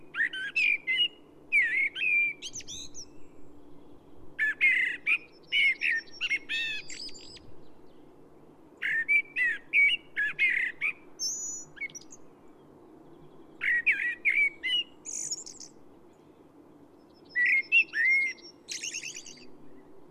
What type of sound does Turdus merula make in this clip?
song